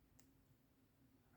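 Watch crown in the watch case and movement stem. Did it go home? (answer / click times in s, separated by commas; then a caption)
released / 0.2 s. The crown of a no-date mechanical Nivada Grenchen x Revolution & The Rake Depthmaster "No Barracuda" limited-edition wristwatch with a Soprod movement is pulled out from its running position while the stem sits in the case and movement. A single faint click at 0.2 s marks it detenting into the hacking (time-setting) position, over a steady low hum. Only one click is needed, and the crown is released into position.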